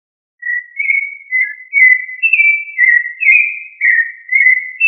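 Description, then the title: Thrush singing a flowing series of mellow whistled notes, short slurred phrases that rise and fall, following a brief silent start; nothing else audible. "Familia Turdidae - Sabia"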